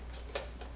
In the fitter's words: uh all the battery uh connector cables are stored neatly into there and that just kind of snaps closed